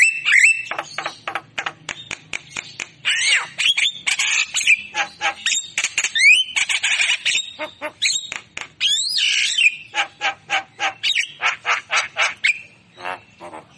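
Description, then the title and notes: Javan myna song: dense, scratchy chattering with squeaks and brief slurred whistles, then a run of regular scratchy bursts near the end. Lure recording of Javan myna song, meant to prompt a mute, non-singing bird. "Pancingan Jalak Kebo Bisu. Kicau Jalak Kebo"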